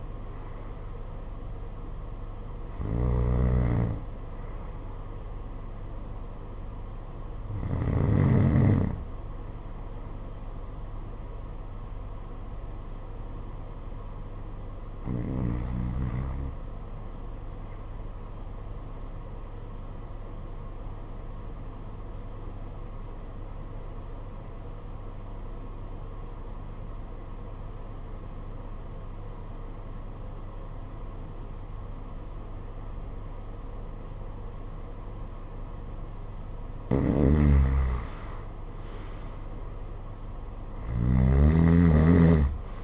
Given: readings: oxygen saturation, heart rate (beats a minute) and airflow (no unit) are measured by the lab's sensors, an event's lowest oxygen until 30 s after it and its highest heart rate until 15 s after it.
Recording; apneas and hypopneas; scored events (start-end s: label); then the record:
breathing in sleep by a smartphone at the bedside; 1
21.00-38.80 s: obstructive apnea (N1, oxygen 94% highest, then 81% lowest, heart rate 50 at the start, 60 highest)
From the record:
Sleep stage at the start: N1 (lightest sleep); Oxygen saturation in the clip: 80 to 96%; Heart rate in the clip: 49 to 57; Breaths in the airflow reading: 5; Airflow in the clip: -11.7 to 12.1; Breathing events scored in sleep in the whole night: 476 in 9.7 hours asleep